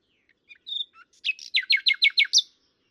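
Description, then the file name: Common nightingale song: a few soft scattered notes, then a series of loud, evenly repeated slurred chirps rising to a final high note. "Luscinia megarhynchos"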